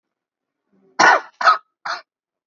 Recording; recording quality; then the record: shallow voluntary cough; excellent, no background noise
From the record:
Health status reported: COVID-19 positive, moderate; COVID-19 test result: positive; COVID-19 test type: RT-PCR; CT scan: taken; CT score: 13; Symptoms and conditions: cough, cold, breathing difficulty, fever, fatigue, muscle pain, another respiratory illness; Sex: male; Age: 51 years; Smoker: no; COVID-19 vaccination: one dose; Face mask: worn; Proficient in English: yes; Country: India